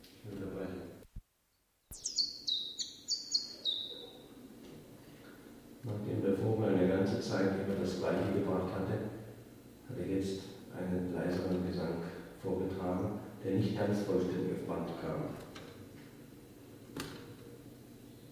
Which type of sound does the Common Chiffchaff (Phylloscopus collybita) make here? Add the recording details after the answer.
song. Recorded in captivity. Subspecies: collybita. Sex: male. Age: adult. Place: Zoologisches Institut Universität Tübingen, Baden-Württemberg, DE. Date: 1965-05-15. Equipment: Nagra III PH, kleiner englischer Parabolspiegel, LGS26. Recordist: Schneider, Hans-Joachim. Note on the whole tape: Männchen (blau/grün - grün) geschlüpft am 11.05. auf der Lichtenberger Höhe, gekäfigt. MaAs: E.B